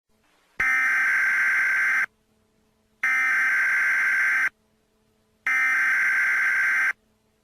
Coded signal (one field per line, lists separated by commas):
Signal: Emergency Alert System (SAME) tones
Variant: header bursts